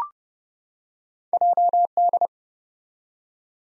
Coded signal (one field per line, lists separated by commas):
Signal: Morse code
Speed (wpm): 31 wpm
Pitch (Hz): 700 Hz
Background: none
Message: JD